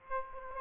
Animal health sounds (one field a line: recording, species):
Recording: mosquito wingbeat signal from an infrared sensor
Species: Aedes aegypti